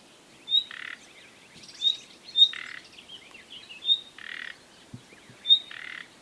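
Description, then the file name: Common nightingale calling: a thin, sharp whistle, most followed by a short harsh rasping note, given several times, with faint chirps between. "Luscinia megarhynchos"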